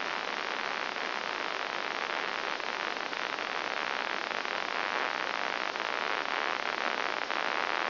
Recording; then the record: brain microelectrode recording played as sound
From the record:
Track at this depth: outside the subthalamic nucleus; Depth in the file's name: 0.506 mm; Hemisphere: left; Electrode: 2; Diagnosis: Parkinson's disease